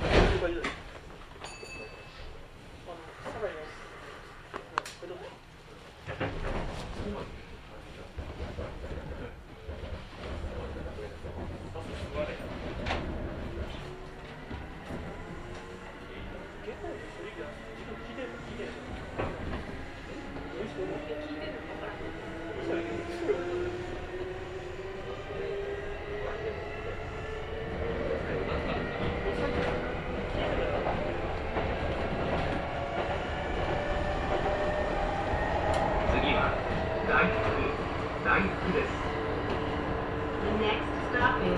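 A Kintetsu Osaka Line semi-express train pulls away and gathers speed, its motor whine rising steadily in pitch from about fifteen seconds on. Wheels clack over rail joints at irregular moments, and a voice is heard briefly near the start amid the rumble.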